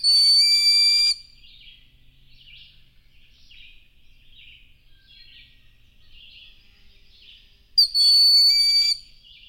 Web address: Wildlife Sounds. Broad-winged Hawk